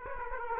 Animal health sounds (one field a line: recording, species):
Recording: mosquito wingbeat signal from an infrared sensor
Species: Aedes aegypti